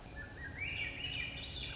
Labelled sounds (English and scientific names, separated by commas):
Swainson's Thrush (Catharus ustulatus)